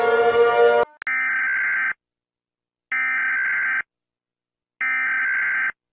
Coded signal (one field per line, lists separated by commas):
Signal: Emergency Alert System (SAME) tones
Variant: header bursts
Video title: FIFA World Cup France 1998 EAS Alarms #FlashbackFriday